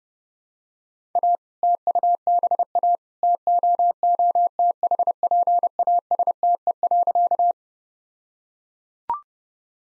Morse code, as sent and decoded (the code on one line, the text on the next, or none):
.- / - ..- -... .- / - --- --- - .... .--. .- ... - . .-.-.-
A TUBA TOOTHPASTE.